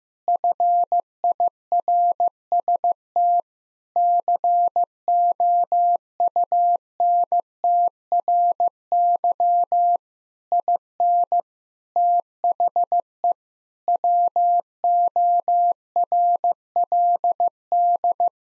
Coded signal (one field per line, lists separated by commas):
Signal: Morse code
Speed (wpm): 15 wpm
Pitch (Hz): 700 Hz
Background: none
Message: FIRST COUNTRY IN THE WORLD